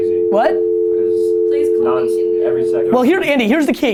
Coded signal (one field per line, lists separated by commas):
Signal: telephone call progress tone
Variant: North America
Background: speech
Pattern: dial tone